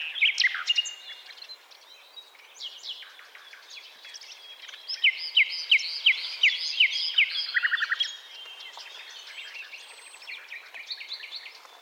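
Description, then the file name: Common nightingale song: a run of quick repeated notes in the middle, surrounded by varied twittering. "Luscinia megarhynchos"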